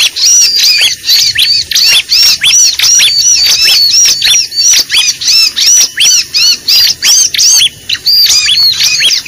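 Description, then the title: Lovebird squeaks in short bursts, each a cluster of high arched notes separated by brief silences. Lure recording (pikat) made for attracting birds. "PIKAT BURUNG LOVEBIRD"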